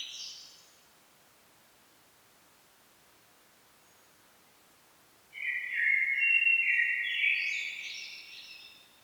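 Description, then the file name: Common blackbird song: after a long quiet spell, one mellow fluted phrase rises into a thin, squeaky twitter at its end. "Turdus merula"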